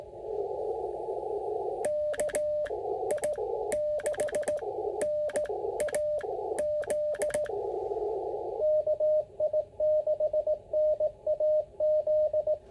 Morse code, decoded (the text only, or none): KI6NAZ KI6NAZ